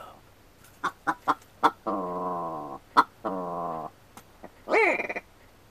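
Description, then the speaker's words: Willow ptarmigan calling: several short clipped croaks, two drawn-out nasal grating notes, then a harsh squawk ending in quick stutters. Call known as the ptarmigan's laugh, one of the funniest sounds in nature; common in northern Lapland; spring, males spreading to territories, displaying most eagerly at dusk; nights still freezing cold. "Riekon naurusta tulee aina hyvälle tuulelle."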